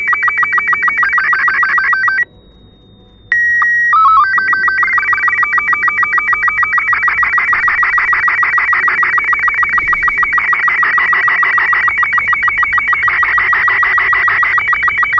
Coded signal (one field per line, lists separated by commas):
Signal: SSTV (slow-scan television)